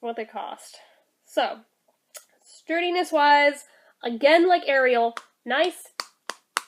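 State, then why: Seated. Someone talks, then closes the plastic screw cap on a Lip Smacker Tsum Tsum Elsa Icy Snow Queen novelty lip balm figure. Sharp clicks come at 6.0, 6.3 and 6.6 seconds as the cap clicks firmly into place with a loud, strong click. Unlike an older one that spins without catching in the thread, this cap seats securely.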